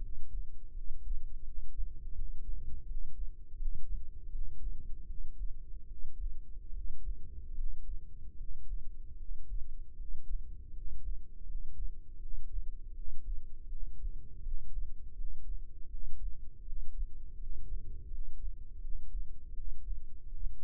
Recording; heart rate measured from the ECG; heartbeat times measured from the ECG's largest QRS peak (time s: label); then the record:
heart sounds by microphone in the left ear; 80 bpm
0.01 s: heartbeat
0.74 s: heartbeat
1.45 s: heartbeat
2.16 s: heartbeat
2.86 s: heartbeat
3.57 s: heartbeat
4.31 s: heartbeat
5.07 s: heartbeat
5.88 s: heartbeat
6.73 s: heartbeat
7.56 s: heartbeat
8.37 s: heartbeat
9.17 s: heartbeat
9.97 s: heartbeat
10.73 s: heartbeat
11.46 s: heartbeat
12.20 s: heartbeat
12.94 s: heartbeat
13.69 s: heartbeat
14.43 s: heartbeat
15.16 s: heartbeat
15.90 s: heartbeat
16.65 s: heartbeat
17.38 s: heartbeat
18.10 s: heartbeat
18.81 s: heartbeat
19.54 s: heartbeat
20.29 s: heartbeat
From the record:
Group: healthy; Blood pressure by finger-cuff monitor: 104/67 mmHg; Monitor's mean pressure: 77 mmHg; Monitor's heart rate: 81 bpm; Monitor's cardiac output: 6.8 L/min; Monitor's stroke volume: 85 mL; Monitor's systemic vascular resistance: 820 dyn s/cm5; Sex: male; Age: 19 years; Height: 178 cm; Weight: 83 kg